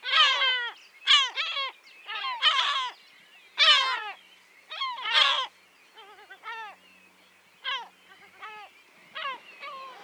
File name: Goéland leucophée (Larus michahellis) - Nombreux oiseaux divers cris